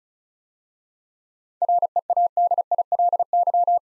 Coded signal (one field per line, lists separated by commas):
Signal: Morse code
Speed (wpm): 36 wpm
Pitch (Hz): 700 Hz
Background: none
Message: READILY